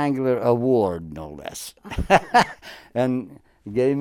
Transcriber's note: chuckles